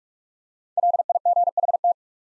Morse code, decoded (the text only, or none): LIGHT